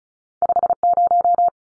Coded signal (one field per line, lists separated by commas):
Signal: Morse code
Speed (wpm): 34 wpm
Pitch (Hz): 700 Hz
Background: none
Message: 50